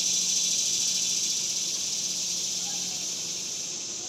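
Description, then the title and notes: Cicadas buzz in a dense, high, pulsing chorus that fades slightly toward the end, with a faint low hum below. Cicadas recorded outdoors in summer in the suburbs. "Ext Summer Cicadas, Suburbs"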